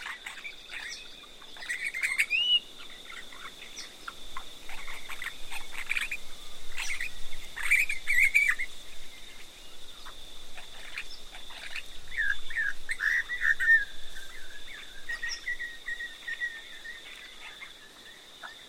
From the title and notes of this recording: River Red Gum Forest In The Outback. An oasis in the desert, near White Cliffs. May, 2015.